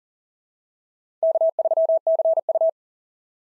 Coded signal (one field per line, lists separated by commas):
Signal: Morse code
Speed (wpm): 38 wpm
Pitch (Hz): 660 Hz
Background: none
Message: K3CU